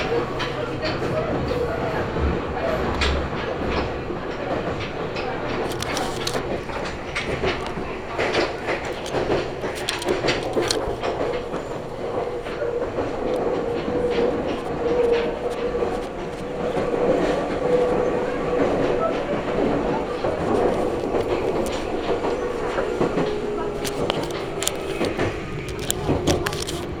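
A Meitetsu Gamagori Line train runs from Gamagori toward Kira-Yoshida. The ride gives a steady rumble with a low mid-pitched drone that rises and falls slightly. Frequent sharp clicks and rattles from the wheels and car break through throughout.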